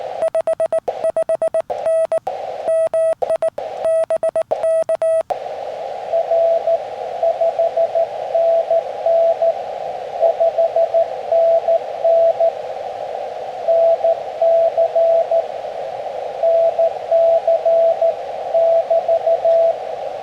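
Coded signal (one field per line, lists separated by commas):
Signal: Morse code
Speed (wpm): 19 wpm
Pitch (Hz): 650 Hz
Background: radio noise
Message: 55N MI BK R 5NN 5NN NC NC <BT>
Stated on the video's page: CW Parks on the Air activation using an FT-817.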